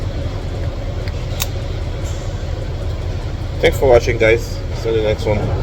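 A release button is pushed on a plastic key fob from a 2016-or-newer Chevy to take the metal key blade out, with clicks at 1.1 s and 1.4 s over a steady low hum, and the blade is released. Someone then talks.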